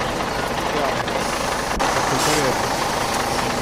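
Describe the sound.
A bus engine idles with a steady, unbroken low rumble and a broad hiss layered over it, holding an even loudness throughout, with faint indistinct voices mixed into the background.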